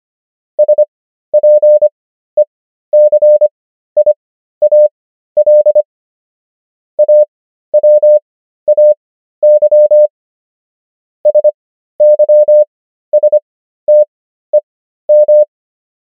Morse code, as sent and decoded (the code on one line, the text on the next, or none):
... .--. . -.-. .. .- .-.. / .- .-- .- -.-- / ... -.-- ... - . --
SPECIAL AWAY SYSTEM